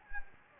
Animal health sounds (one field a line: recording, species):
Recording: mosquito wingbeat signal from an infrared sensor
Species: Anopheles gambiae